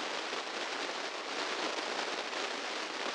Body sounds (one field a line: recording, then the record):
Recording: brain microelectrode recording played as sound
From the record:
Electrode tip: inside the subthalamic nucleus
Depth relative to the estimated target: 0 mm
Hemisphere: left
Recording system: NeuroSet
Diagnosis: Parkinson's disease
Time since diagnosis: 15 years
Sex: female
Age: 59 years